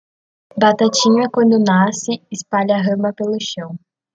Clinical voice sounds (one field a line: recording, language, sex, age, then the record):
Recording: short text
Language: Brazilian Portuguese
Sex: female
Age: 18 to 19 years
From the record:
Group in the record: control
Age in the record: 19 years